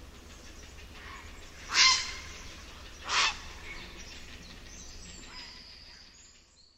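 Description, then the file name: Grey heron giving two loud, harsh, croaking calls about a second and a half apart, with a faint hiss of background noise between them. "CZAPLA SIWA"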